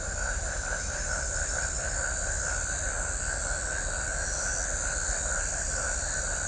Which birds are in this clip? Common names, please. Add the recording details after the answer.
none. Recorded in shrubland near Pivijay, Magdalena, Colombia, on 5 June 2023 at 21:30. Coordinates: 10.453, -74.365. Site P5-G022